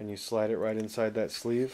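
Someone talks while an AA battery is slid into a plastic D-cell adapter sleeve. Nothing has seated or clicked yet.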